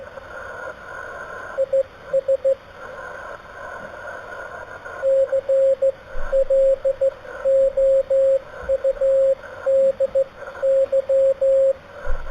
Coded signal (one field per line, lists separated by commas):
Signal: Morse code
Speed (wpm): 16 wpm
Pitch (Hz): 540 Hz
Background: radio noise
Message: IS CLOUDY